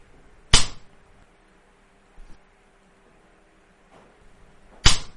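Two sharp, crisp slaps ring out a few seconds apart, with a faint dull thump in between, over a low, quiet background hum: in a quiet tavern, Tran Pham holds Y Dien's collar with his left hand and repeatedly slaps his face with his right.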